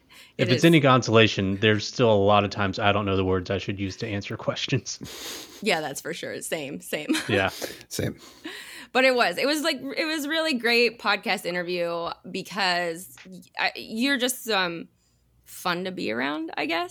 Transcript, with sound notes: If it's any consolation, there's still a lot of times I don't know the words I should use to answer questions. (laugh)
Yeah, that's for sure. Same. Same. (laugh) But it was. It was like, it was really great podcast interview because you're just some fun to be around, I guess.